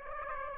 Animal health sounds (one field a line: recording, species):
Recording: mosquito wingbeat signal from an infrared sensor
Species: Aedes aegypti